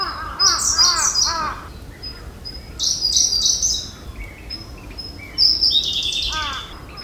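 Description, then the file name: Siberian blue robin song: short bursts of rapid high buzzy trills, some with quick arched lower notes, with pauses between phrases. "koruri"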